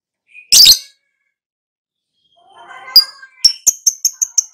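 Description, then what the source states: Lovebird giving a harsh shriek, then a short lower warbling sound, then a quick string of shrill high chirps. Prompt recording (pancingan) meant to get a lovebird to respond (nyaut) and sing actively (gacor).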